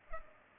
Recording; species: mosquito wingbeat signal from an infrared sensor; Culex pipiens